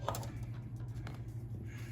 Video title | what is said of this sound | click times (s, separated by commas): 1969 Mustang Restoration (Part 23) | and I'll pop it in and it it pops right in | 0.1 s